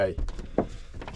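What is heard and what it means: A plastic roof vent fan shroud trim is handled at the ceiling panel opening of a Ford Transit Custom van while someone talks, with a sharp knock near 0.6 s and softer taps around 1.0 and 1.1 s. Nothing has seated or clicked yet.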